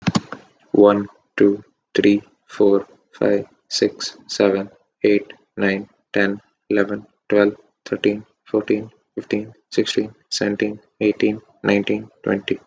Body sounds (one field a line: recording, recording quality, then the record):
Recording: counting at a normal pace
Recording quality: excellent, no background noise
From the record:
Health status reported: healthy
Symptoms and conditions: breathing difficulty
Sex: male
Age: 18 years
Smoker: not ticked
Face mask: not worn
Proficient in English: yes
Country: India